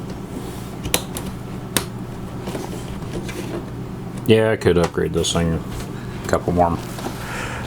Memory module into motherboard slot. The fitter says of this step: just snap into place yeah